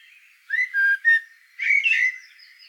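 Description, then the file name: Eurasian blackbird song: clear fluted whistles, a brief pause, then a richer warbling phrase before trailing off. "Turdus merula"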